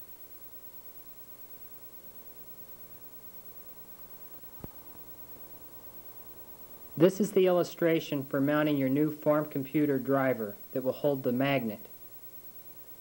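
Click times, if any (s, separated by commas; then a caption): 4.6 s. A control bar is pushed into a Passap DM80 knitting machine and clicks into place, with a single short, sharp click at 4.6 s over a steady low hum. From about 7 s, someone talks until near the end.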